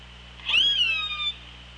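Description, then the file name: Orca call: one rising then flattening, strongly harmonic squeal lasting under a second, heard over constant hiss and low hum. Recorded on the OrcaLab hydrophone, 24 August 2017 at 16:01. "Orca Lab UTLN JASON 20170824 160142"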